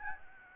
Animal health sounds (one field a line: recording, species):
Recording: mosquito wingbeat signal from an infrared sensor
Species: Aedes albopictus